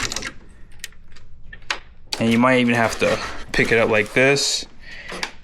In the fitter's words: You got to hear a clicking sound, too.